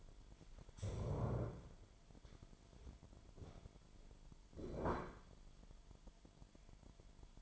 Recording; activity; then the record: daily activity, microphone in the room; stand up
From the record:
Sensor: 5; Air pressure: 998.7 hPa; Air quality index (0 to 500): 94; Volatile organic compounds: 2 ppm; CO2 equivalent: 1082 ppm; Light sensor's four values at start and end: 30/72/30/34 and 30/72/30/34